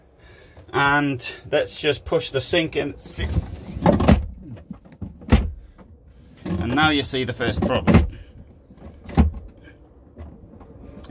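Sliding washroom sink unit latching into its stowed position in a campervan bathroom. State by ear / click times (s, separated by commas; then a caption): not seated / none. A sliding sink unit that hides the toilet in the washroom of a Frankia Yukon 7 Mercedes campervan is pushed, and it is meant to latch into its stowed position. Someone talks while sliding and knocking sounds are heard, with the sharpest bumps around 3.9 s, 4.1 s and 5.3 s. Nothing has clicked into place: the unit fails to latch, the first problem of several because these things go wrong constantly.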